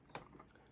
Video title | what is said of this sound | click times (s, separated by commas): Record Needle Replacement / Ortofon Red Review | and literally just click right inside like that. | 0.1 s